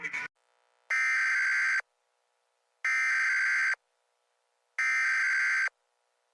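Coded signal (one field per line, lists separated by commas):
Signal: Emergency Alert System (SAME) tones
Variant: header bursts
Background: speech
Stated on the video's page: Mock scenario with added voice effects.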